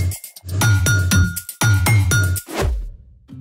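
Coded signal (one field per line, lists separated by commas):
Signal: none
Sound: music jingle chimes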